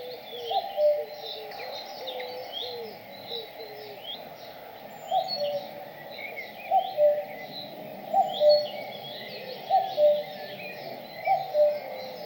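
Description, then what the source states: Bird song of low, clear two-note whistles repeated several times, over a steady chorus of thin high chirps. In a forest.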